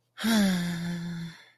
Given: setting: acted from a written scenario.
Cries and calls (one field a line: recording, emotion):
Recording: vocal sound without words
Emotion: romantic love